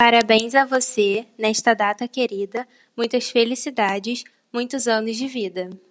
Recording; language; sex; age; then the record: short text; Brazilian Portuguese; female; 18 to 19 years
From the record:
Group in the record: control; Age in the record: 18 years